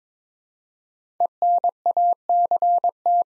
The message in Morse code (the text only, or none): ENACT